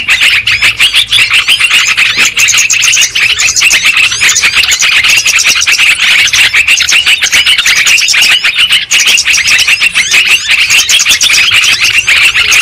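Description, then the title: Continuous lovebird chatter of many birds, with sharp, high chirps tumbling over one another in a steady, noisy twitter from start to end. Lure sound used for trapping birds. "PIKAT BURUNG LOVEBIRD"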